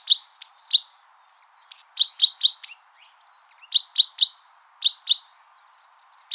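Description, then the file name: Great tit calls: sharp, high chirping notes given singly and in quick clusters. "Parus major"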